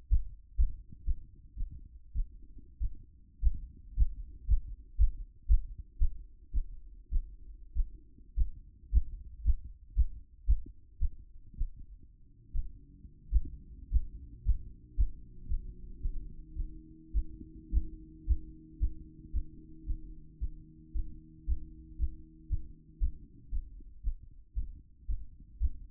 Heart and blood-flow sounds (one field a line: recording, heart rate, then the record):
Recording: heart sounds by stethoscope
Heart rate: 114 bpm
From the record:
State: after exercise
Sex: male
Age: 25 years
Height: 189 cm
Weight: 101 kg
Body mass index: 28.27